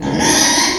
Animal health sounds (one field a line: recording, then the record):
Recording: squeal of a Yucatan mini pig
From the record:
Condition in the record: before surgery on the right vocal fold (resection and tissue-engineered implant)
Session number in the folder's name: 1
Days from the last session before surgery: -3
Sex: male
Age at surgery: 12 weeks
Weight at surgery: 13 kg